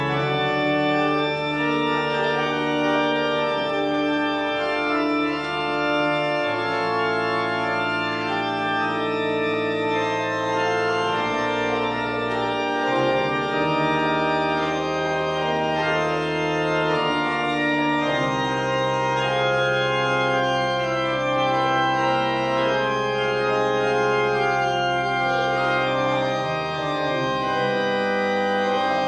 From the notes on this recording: the choir with the organ, and the congregation singing